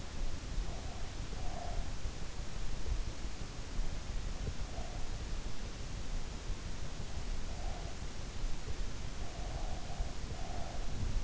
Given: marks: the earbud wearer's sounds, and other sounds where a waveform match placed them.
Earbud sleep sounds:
sounds in sleep by an in-ear microphone; breath
0.00-1.93 s: breath
8.40-11.24 s: breath

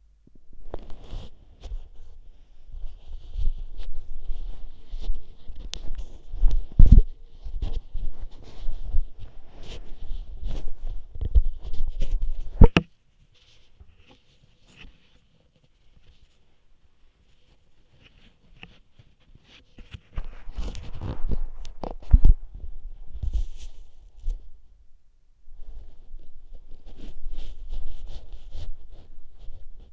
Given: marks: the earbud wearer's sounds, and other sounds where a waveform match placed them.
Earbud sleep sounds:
sounds in sleep by an in-ear microphone; body movement
0.00-29.92 s: body movement

